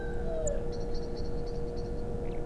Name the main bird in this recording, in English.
Common Blackbird